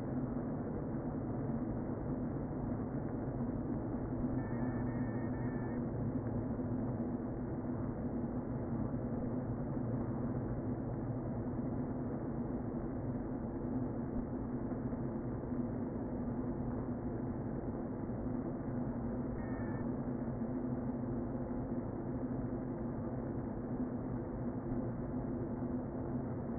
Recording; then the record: honeybee colony, microphone inside the hive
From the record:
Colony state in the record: queen present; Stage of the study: before two queens were removed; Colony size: about 60,000 bees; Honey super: yes